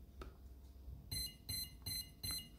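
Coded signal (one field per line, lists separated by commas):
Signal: beep code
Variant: Skywalker ESC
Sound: brief faint tone, pause, then four short electronic beeps about 0.4 s apart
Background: low hum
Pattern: 4 short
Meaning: Four beeps signal a four-cell battery detected at startup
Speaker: you hear a beep beep and then you move it down and then it calibrates that throttle range and then it'll initialize my four cells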